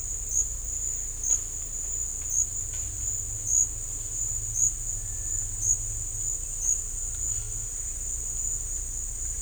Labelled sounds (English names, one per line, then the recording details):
Cinereous Tinamou
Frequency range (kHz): Cinereous Tinamou 1.2-2.2 kHz
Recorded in dense forest near Puerto Asís, Putumayo, Colombia, on 18 December 2024 at 13:30
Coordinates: 0.486, -76.317
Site G003